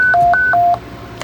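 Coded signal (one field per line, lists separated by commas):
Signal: roger beep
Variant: Stryker SR-955 setting 5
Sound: quick four-note tone, high-low-high-low, about 0.75 s, then static and squelch click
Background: radio static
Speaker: i have it on five that's pretty much what i think you're going to like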